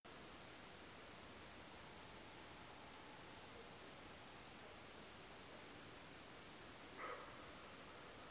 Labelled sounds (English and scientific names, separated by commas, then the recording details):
roe deer
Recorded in France